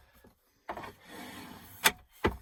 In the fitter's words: and they click into place.